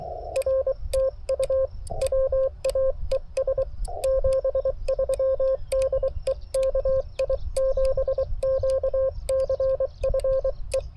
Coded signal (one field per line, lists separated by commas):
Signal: Morse code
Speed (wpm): 24 wpm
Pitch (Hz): 1060 Hz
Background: radio noise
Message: R TU WAES 73 DE KI7QCF E